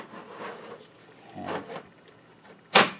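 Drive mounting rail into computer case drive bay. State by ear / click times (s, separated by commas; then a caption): seated / 2.8 s. A drive fitted with screw-less rails is slid into a bay of a metal Rosewill Black R363-M-BK computer case. Soft sliding and scraping sounds come before a single sharp click at 2.8 s, when the rail latch engages and the drive seats in the bay.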